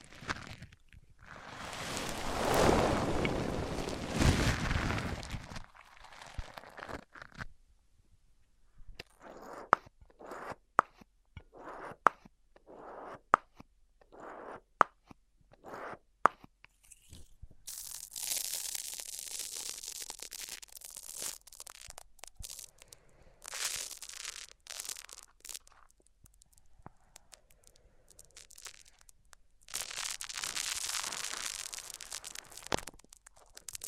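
Microphones rubbed on different surfaces: a loud rough scrape early, then sharp irregular clicks and crunches, and bright hissing swipes near 18 and 31 seconds.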